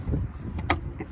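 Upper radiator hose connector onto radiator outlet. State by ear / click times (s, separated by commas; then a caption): seated / 0.7 s. On a 2011–16 SuperDuty 6.2 being fixed for an upper radiator hose coolant leak, the upper radiator hose quick-connect fitting, fitted with a new O-ring and its spring clip, is pushed back onto the radiator neck outlet. A soft tap at 0.6 s comes just before one sharp, bright click at 0.7 s, followed by a faint tick near 1.0 s, all over a low rumbling background. The connector is seated and locked in.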